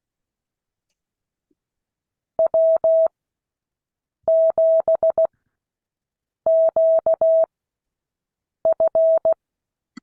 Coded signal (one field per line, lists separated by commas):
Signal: Morse code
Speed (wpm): 16 wpm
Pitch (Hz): 650 Hz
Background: none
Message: W7QF